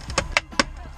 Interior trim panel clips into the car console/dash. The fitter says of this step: snaps make sure you hear that and on this side perfect